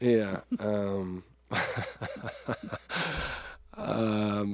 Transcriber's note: laughter